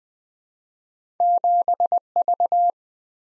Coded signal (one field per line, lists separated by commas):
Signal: Morse code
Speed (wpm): 20 wpm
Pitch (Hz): 700 Hz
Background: none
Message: 7V